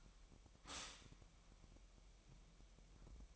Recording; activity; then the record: daily activity, microphone in the room; stop toaster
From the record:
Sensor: 1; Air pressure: 1002.0 hPa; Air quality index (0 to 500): 240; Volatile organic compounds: 44 ppm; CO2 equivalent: 3213 ppm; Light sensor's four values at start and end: 10/35/12/14 and 10/35/12/14